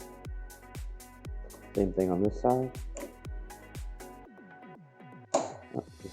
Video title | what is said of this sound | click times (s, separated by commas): Powerworks XB 40V 21" Brushless Cordless Push Mower | snaps right in there you go | 5.3 s